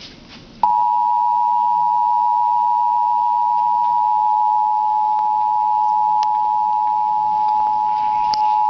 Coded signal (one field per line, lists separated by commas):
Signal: Emergency Alert System (SAME) tones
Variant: 853 and 960 Hz attention tone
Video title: EAS Alert #27 - Severe Thunderstorm Warning #6 7/18/12